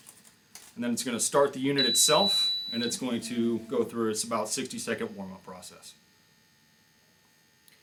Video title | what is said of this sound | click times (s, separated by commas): Mobile Air Monitoring Calibration Unit Overview/Tutorial | It'll lock into place with a click, | 0.6 s